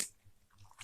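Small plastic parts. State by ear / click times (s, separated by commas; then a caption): released / 0.7 s, 0.8 s. A small plastic insert tool is turned toward the lettering in a spinning-top's plastic energy layer, freeing the chip from the layer's centre. Short clicks come at 0.7 s and 0.8 s as the chip releases.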